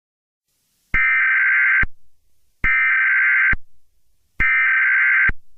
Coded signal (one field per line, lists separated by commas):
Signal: Emergency Alert System (SAME) tones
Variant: header bursts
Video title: Animator ToonTowns EAS but with Purge announcement Parody (TTS fake)